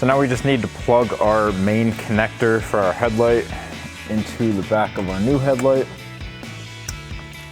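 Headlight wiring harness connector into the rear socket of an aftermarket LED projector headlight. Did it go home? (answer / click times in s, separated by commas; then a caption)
yes / 6.9 s. On a 2019–2024 RAM 1500, the main headlight wiring harness connector is pressed into the rear socket of a new AlphaRex MK II LUXX-Series 2500-style aftermarket LED projector headlight while someone talks over background music. A short, sharp click at 6.9 s marks the connector latching and seating in place.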